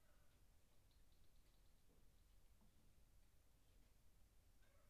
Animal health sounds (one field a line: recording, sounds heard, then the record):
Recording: poultry house recording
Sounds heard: healthy chickens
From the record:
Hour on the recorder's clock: 1